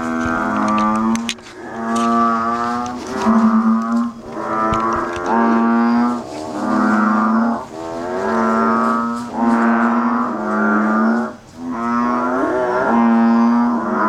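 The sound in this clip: Banded bullfrog calling: deep, nasal, cow-like bellows rich in harmonics, each lasting about one to two seconds, repeated in a steady series.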